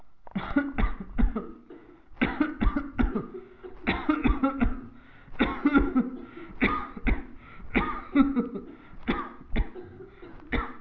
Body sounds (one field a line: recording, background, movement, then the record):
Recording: voluntary coughing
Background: a bystander coughing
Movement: sitting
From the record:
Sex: male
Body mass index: 22.0 kg/m2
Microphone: on the chest, facing the body